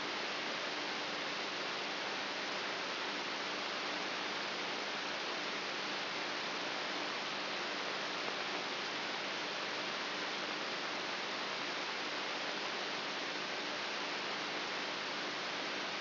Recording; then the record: brain microelectrode recording played as sound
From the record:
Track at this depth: inside the subthalamic nucleus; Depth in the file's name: 4.04 mm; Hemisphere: right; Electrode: 3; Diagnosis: Parkinson's disease